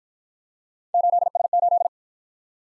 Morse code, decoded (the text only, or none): 8S8